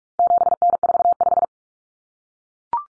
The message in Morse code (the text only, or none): 7N45